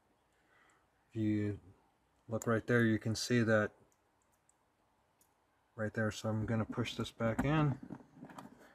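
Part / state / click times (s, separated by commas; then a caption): plastic push-pin retainer into a car trim or panel hole / seated / 8.4 s. Someone talks while a plastic push-pin retainer on a 2013 Lexus RX450h hybrid is pushed back into its hole in a car trim panel and its small screw-head center pin is pressed down. A short click at 8.4 s marks the retainer snapping into place, seated and secure.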